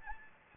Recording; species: mosquito wingbeat signal from an infrared sensor; Anopheles gambiae